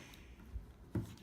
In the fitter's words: Just line it up with the side, and it makes a very satisfying clicking sound.